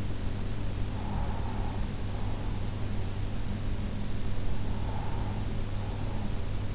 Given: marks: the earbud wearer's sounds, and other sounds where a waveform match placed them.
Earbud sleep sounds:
sounds in sleep by an in-ear microphone; breath
0.73-2.85 s: breath
4.45-6.75 s: breath

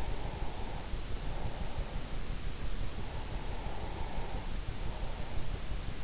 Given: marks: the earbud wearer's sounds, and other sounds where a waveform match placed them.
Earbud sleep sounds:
sounds in sleep by an in-ear microphone; breath
0.07-2.14 s: breath
2.78-5.50 s: breath

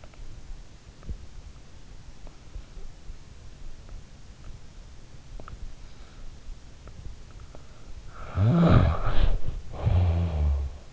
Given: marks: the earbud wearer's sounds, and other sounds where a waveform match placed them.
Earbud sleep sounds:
sounds in sleep by an in-ear microphone; teeth grinding, snoring breath, body movement
0.00-0.41 s: teeth grinding
2.27-2.97 s: snoring breath
5.40-5.73 s: teeth grinding
6.86-7.25 s: teeth grinding
7.54-7.76 s: teeth grinding
8.02-10.93 s: snoring breath
8.79-9.23 s: body movement

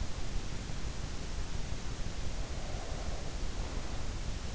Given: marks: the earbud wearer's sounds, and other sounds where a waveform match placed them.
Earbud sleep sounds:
sounds in sleep by an in-ear microphone; breath
2.34-4.19 s: breath

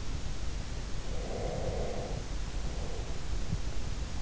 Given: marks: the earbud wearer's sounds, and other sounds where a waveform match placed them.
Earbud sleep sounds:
sounds in sleep by an in-ear microphone; breath
1.04-3.15 s: breath

